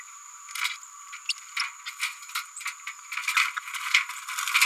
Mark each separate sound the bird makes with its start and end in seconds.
1.28-1.32, 1.59-1.62